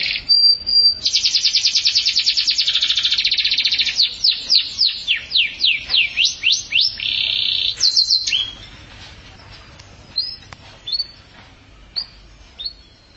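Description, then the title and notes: Atlantic canary singing a dense, fast buzzing trill that gives way to a run of repeated slurred whistles, a brief rolling trill, then scattered soft notes. "Suara Burung Kenari"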